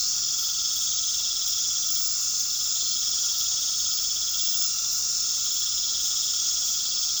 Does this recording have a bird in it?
no